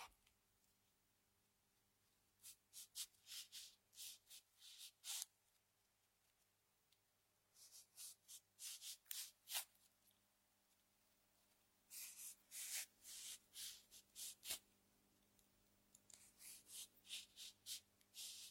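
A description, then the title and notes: Hand-squeezing oranges for juice comes as short, bright, scratchy strokes grouped in bursts of several quick rubs, about every four to five seconds, with quiet pauses between. A faint low hum sits under everything. Hand-squeezed orange juice.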